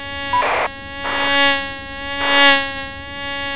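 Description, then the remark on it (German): A fly's buzzing drone heard in headphones, steady and tonal with a rich stack of overtones, broken by a few short bursts of hiss, continuing throughout with no one speaking. “In den Hörern brummte es, die Fliege.”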